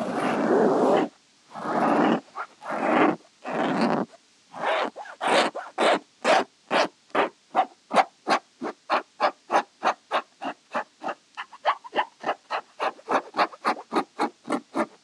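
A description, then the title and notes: Fabric being scratched, starting with slow, long rasping strokes that quicken into a steady, rapid rhythm of short, bright scrapes. 𝗳𝗮𝗯𝗿𝗶𝗰 𝘀𝗰𝗿𝗮𝘁𝗰𝗵𝗶𝗻𝗴 𝗮𝘀𝗺𝗿.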